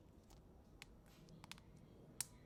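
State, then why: Seated. The plastic mid-frame of a Motorola Moto G 5G (2025), XT2513, is aligned over the phone and pressed gently around its edges during a speaker replacement, so its clips snap into the phone chassis. Sharp clicks sound at 0.8, 1.4, 1.5 and 2.2 seconds over a quiet background, the last being the loudest. The mid-frame clips are seated.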